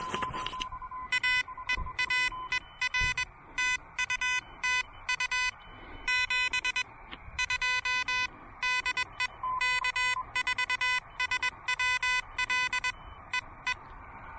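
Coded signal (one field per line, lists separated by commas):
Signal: Morse code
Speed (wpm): 21 wpm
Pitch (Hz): 2000 Hz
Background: none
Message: A EAER TU TU 72 DE K4SWL E E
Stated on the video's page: Morse from a pedestrian mobile POTA park activation with an Elecraft KH1.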